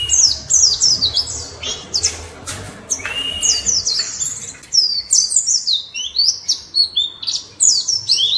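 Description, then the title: White-eye song, a fast run of high thin chirps and descending twittered phrases, tumbling continuously with brief pauses. "Pleci Kayana"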